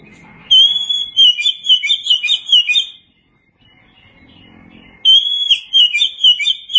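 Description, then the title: Oriental magpie-robin pouring out a rapid string of clear whistles and trills, falling quiet for about two seconds, then starting another phrase. "Kacer"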